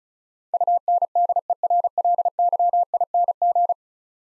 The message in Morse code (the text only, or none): UNDERLYING